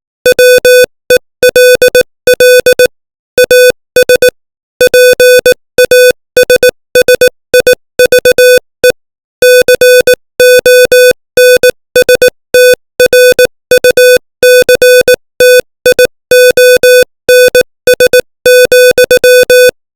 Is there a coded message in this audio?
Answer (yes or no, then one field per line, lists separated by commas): yes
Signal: Morse code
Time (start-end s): 0.3-19.7 s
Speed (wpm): 18 wpm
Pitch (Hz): 500 Hz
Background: music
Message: WELL AS PASSIVE CONSTRUCTIONS,